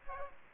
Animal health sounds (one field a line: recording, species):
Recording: mosquito wingbeat signal from an infrared sensor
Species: Aedes aegypti